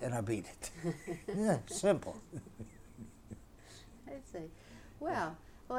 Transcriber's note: laughs